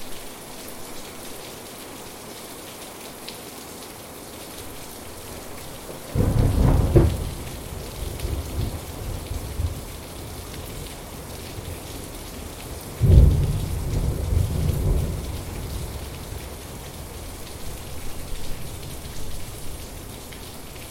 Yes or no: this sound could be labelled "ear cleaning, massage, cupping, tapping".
no